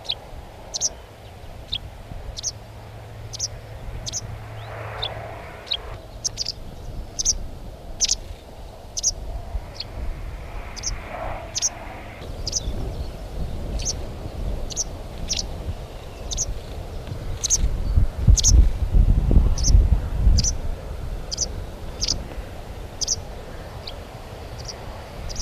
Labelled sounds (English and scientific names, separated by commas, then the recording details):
White Wagtail (Motacilla alba) call
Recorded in the wild
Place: Nordhorn, Niedersachsen, DE
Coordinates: 52.36, 7.11
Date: 1985-06-15
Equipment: Sony WM-D6C, Big Ear
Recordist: Skiba, Reinald